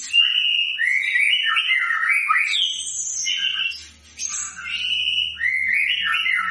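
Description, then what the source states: White-rumped shama singing clear whistled phrases that warble up and down, a sweet opening note followed by rapid slurred runs, the phrase repeated after a short pause. Lure recording of a vigorously singing white-rumped shama, meant to provoke an immediate response from other birds.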